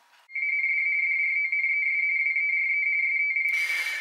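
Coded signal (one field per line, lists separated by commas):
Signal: RTTY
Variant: 45 baud, 170 Hz shift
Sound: steady warbling two-tone chatter near 2.2 kHz, ending in a burst of hiss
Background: brief noise bursts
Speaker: dann wird dann die mp3-datei abgespielt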